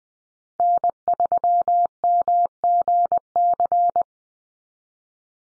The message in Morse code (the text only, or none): N3MGC